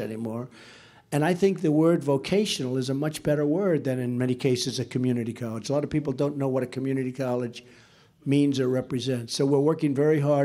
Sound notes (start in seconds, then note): none